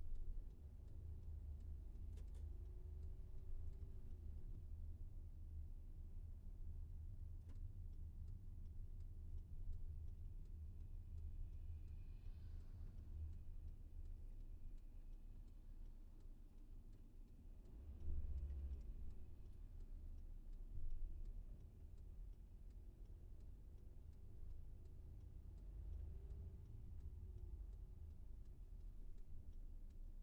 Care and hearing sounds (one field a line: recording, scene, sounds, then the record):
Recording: everyday scene through a hearing-aid microphone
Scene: in a vehicle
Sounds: engine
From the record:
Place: VW T5 Caravelle, diesel engine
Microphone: behind the ear, left, rear